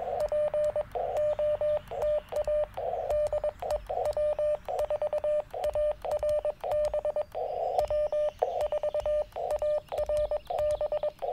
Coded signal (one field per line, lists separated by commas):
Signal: Morse code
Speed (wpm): 22 wpm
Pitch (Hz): 600 Hz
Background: radio noise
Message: POTA DE W4ARB W4ARB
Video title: Morning Morse Code - 04/16/2024